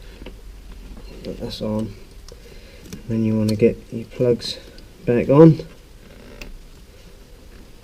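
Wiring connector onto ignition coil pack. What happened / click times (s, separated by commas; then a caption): Connector handled, not yet seated / none. An electrical connector plug on the wiring is being pushed back onto an ignition coil pack on a Suzuki GSX-R600/750 (K6, K7) during a spark plug change, while someone talks. Faint handling ticks are heard, but the plug has not seated or clicked yet.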